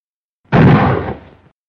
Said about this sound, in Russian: Громкий и резкий выстрел из винтовки с металлическим стоном поврежденной мишени решительно разорвал в клочья почудившийся мир и покой. Стреляли откуда-то с тыльной стороны ангара.